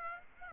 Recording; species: mosquito wingbeat signal from an infrared sensor; Aedes aegypti